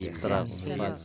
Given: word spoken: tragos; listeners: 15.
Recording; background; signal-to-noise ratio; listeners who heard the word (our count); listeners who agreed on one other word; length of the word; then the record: one Spanish word in noise, from a listening test; four-talker babble; -0.8 dB; 0 of 15; 6 of 15; 0.65 s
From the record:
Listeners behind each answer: 6, 3, 1, 1, 1, 1, 1, 1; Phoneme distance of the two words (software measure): 24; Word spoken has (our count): 2 syllables, 6 phonemes, stress on syllable 1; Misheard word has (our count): 3 syllables, 8 phonemes, stress on syllable 2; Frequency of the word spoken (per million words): 4.75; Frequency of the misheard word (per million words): 8.04